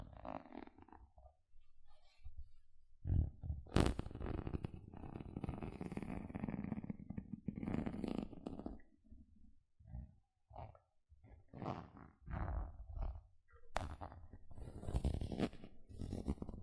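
Gentle scratching comes in uneven bursts, with a rough, rumbling low texture that swells through a long stretch between about 3 and 9 seconds, then breaks into shorter strokes separated by brief silences. Two sharp, bright clicks stand out, near 4 and 14 seconds.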